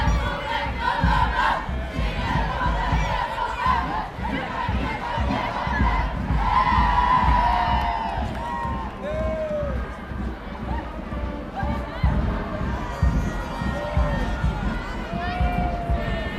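A cheering children's parade fills the air with dense, continuous shouting and chatter, high voices rising in excited calls throughout, with low rumbling underneath.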